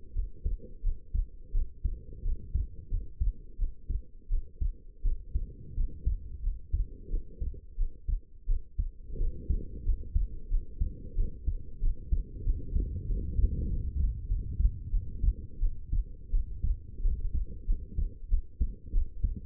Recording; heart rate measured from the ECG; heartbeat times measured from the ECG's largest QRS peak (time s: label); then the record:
heart sounds by stethoscope; 89 bpm
0.14 s: heartbeat
0.82 s: heartbeat
1.52 s: heartbeat
2.23 s: heartbeat
2.89 s: heartbeat
3.57 s: heartbeat
4.29 s: heartbeat
5.03 s: heartbeat
5.75 s: heartbeat
6.42 s: heartbeat
7.09 s: heartbeat
7.76 s: heartbeat
8.46 s: heartbeat
9.18 s: heartbeat
9.84 s: heartbeat
10.49 s: heartbeat
11.15 s: heartbeat
11.80 s: heartbeat
12.44 s: heartbeat
13.07 s: heartbeat
13.68 s: heartbeat
14.28 s: heartbeat
14.91 s: heartbeat
15.60 s: heartbeat
16.31 s: heartbeat
17.02 s: heartbeat
17.66 s: heartbeat
18.29 s: heartbeat
18.93 s: heartbeat
From the record:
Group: healthy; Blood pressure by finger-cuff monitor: 98/65 mmHg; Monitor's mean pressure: 74 mmHg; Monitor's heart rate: 90 bpm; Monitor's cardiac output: 6.6 L/min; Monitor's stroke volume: 74 mL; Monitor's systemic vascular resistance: 810 dyn s/cm5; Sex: female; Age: 19 years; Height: 163 cm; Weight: 51 kg